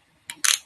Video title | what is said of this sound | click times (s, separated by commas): 2HRS OF FLASH SALES AND DOLLAR STARTS, 2 NEW INSERT STYLES | The food cups snap into place perfectly. | 0.3 s, 0.5 s